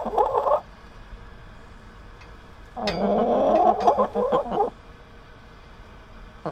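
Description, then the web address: Chickens giving loud harsh squawking bursts, one brief and one longer, over a constant low background hum. Caged chickens. "Tom Hutchings Chickens Caged"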